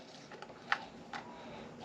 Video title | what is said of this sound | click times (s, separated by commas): Unboxing Siesta Nasal CPAP Mask Plus Surprise Products 😁 | and it just clicks right into place | 0.7 s